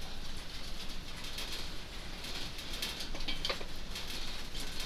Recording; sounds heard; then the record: poultry house recording; no chicken sound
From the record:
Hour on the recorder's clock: 21